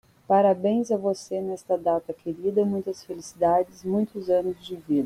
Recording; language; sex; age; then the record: short text; Brazilian Portuguese; female; 40 to 49 years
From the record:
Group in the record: control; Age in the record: 45 years